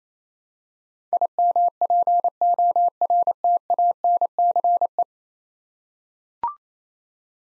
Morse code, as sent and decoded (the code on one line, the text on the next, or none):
.. -- .--. --- .-. - .- -. -.-. .
IMPORTANCE